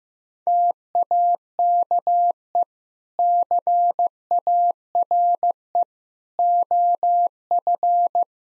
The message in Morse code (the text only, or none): TAKE CARE OF